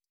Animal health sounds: hydrophone in a shrimp aquaculture tank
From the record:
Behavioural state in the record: stressed

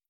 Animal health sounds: hydrophone in a shrimp aquaculture tank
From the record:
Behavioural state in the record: feeding

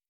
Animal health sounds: hydrophone in a shrimp aquaculture tank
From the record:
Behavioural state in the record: normal

